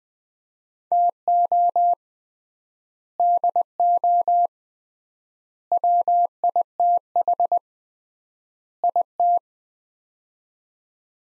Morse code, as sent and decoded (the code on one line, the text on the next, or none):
- --- / -.. --- / .-- .. - .... / .. -
TO DO WITH IT